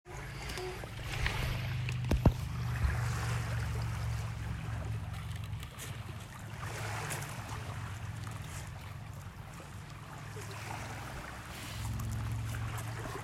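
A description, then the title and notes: Water washes against a lakeshore in soft, uneven surges, with a low steady rumble underneath that rises again near the end. Around two seconds a few sharp knocks stand out, and faint brighter splashes come and go throughout. Early evening by Lake Michigan, Northport, Michigan, USA. At a friend’s cottage on lake michigan.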